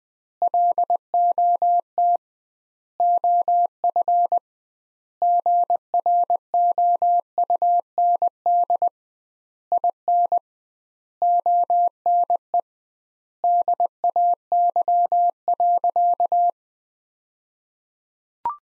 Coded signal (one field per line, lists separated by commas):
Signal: Morse code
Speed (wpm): 20 wpm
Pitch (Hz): 700 Hz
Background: none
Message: LOT OF GROUND IN ONE DAY.